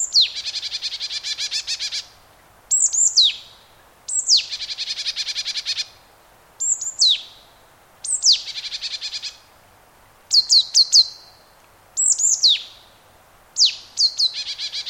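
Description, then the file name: Marsh tit calling steadily: bursts of harsh, buzzy chattering alternate with one to three sharp, high-pitched notes that slide quickly downward, repeated throughout. "Poecile palustris"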